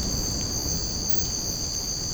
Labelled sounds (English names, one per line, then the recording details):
none
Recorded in secondary vegetation near Puerto Asís, Putumayo, Colombia, on 19 March 2025 at 01:00
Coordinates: 0.481, -76.318
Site G097